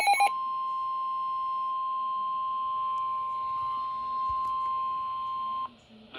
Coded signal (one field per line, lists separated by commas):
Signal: Emergency Alert System (SAME) tones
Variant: 1050 Hz attention tone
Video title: PURE CHAOS 1 | An EAS Event | EAS 35-52 | MonkeyFilmRadios